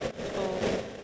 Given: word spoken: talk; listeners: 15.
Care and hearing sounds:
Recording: one English word in noise, from a listening test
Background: noise modulated by three-talker babble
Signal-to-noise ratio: -5.7 dB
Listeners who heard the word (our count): 3 of 15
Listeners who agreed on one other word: 6 of 15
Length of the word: 0.64 s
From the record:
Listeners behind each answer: 6, 3, 1, 1, 1, 1, 1, 1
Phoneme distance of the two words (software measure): 10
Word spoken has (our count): 1 syllable, 3 phonemes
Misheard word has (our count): 1 syllable, 3 phonemes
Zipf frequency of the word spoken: 5.52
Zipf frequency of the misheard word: 4.51

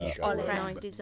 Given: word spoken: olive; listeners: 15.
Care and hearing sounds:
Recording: one English word in noise, from a listening test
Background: four-talker babble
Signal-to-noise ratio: -1.3 dB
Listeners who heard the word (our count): 7 of 15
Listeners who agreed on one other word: 6 of 15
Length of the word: 0.62 s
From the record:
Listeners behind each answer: 7, 6, 1, 1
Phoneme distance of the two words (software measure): 7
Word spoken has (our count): 2 syllables, 4 phonemes, stress on syllable 1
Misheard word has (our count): 2 syllables, 5 phonemes, stress on syllable 1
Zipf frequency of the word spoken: 4.29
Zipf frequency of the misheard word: 3.53

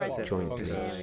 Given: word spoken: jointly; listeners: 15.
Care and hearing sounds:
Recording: one English word in noise, from a listening test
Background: four-talker babble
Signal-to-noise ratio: 1.0 dB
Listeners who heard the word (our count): 1 of 15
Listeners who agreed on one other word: 8 of 15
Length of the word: 0.63 s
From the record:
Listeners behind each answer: 8, 1, 1, 1, 1, 1, 1, 1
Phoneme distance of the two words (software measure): 14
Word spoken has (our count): 2 syllables, 6 phonemes, stress on syllable 1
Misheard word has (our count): 1 syllable, 4 phonemes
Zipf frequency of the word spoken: 3.10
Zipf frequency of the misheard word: 4.30

